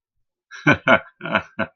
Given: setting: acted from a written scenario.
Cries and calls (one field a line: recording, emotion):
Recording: vocal sound without words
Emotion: amusement